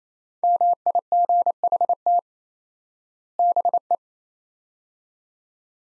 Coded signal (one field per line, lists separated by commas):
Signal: Morse code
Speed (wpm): 28 wpm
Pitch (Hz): 700 Hz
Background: none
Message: MIGHT BE